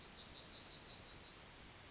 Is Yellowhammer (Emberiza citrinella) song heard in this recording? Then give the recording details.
yes. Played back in forest. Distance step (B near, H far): E. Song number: 135